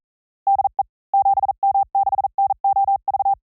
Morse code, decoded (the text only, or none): DE 7M6NOV